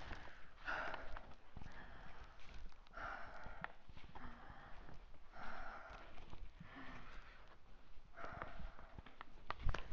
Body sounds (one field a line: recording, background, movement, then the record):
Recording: deep breathing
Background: quiet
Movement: walking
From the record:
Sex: female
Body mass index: 18.8 kg/m2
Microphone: on the chest, facing outward